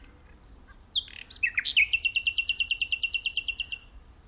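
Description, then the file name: Common nightingale song opening with a few varied notes and a falling whistle, then a long, fast, regular trill of repeated notes lasting about two seconds. "Luscinia megarhynchos"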